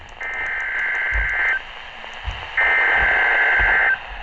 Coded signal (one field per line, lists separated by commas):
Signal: Emergency Alert System (SAME) tones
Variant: header bursts